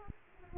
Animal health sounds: mosquito wingbeat signal from an infrared sensor; Aedes aegypti

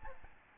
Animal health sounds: mosquito wingbeat signal from an infrared sensor; Aedes albopictus

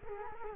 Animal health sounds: mosquito wingbeat signal from an infrared sensor; Culex quinquefasciatus

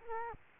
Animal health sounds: mosquito wingbeat signal from an infrared sensor; Culex quinquefasciatus

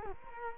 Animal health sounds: mosquito wingbeat signal from an infrared sensor; Culex quinquefasciatus

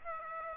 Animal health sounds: mosquito wingbeat signal from an infrared sensor; Aedes aegypti

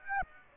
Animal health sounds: mosquito wingbeat signal from an infrared sensor; Aedes aegypti

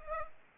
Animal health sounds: mosquito wingbeat signal from an infrared sensor; Culex pipiens

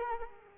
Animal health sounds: mosquito wingbeat signal from an infrared sensor; Culex quinquefasciatus

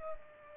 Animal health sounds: mosquito wingbeat signal from an infrared sensor; Culex pipiens

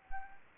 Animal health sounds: mosquito wingbeat signal from an infrared sensor; Anopheles arabiensis

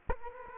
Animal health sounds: mosquito wingbeat signal from an infrared sensor; Culex quinquefasciatus

